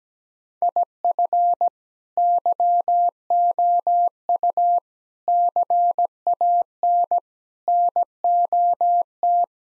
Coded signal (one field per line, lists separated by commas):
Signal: Morse code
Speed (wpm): 17 wpm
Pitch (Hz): 700 Hz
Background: none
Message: IF YOU CAN NOT